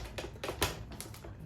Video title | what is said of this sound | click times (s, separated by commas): Lefant M2 Plus Review! The BEST Budget Robot Vacuum in 2026? | All you gotta do is just line it up, and you will hear it kind of click into place. | 0.6 s